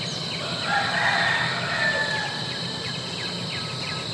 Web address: sound effects free to use sounds. nature rural ambience birds insects roosters distant gibbons apes cat tien national park morning vietnam